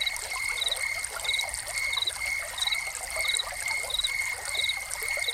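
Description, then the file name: Rhythmic cricket chirps, each a rapid cluster of pulses, recur steadily over a high continuous trill amid the rush of pouring fountain water. Soundscape of crickets recorded together with a fountain. "Crickets and Fountain"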